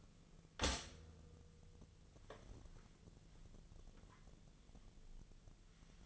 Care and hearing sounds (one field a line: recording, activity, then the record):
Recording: daily activity, microphone in the room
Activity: stop toaster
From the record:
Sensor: 4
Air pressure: 1010.2 hPa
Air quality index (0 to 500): 177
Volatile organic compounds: 5 ppm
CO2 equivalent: 1792 ppm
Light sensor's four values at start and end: 23/69/27/27 and 23/70/27/27